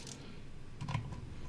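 A CPU cooler mounting screw for a Cryorig C5 / C5 CU is placed on a backplate standoff and turned anticlockwise to find the start of its thread. Faint ticks come at about 0.1 s, with a short cluster of light clicks around 0.8–1.0 s over a low steady hum. The screw is only being handled, and nothing has seated or clicked yet.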